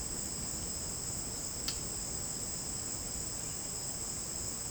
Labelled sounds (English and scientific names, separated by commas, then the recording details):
none
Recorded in dense forest near Puerto Asís, Putumayo, Colombia, on 25 June 2025 at 11:30
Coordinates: 0.499, -76.324
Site G100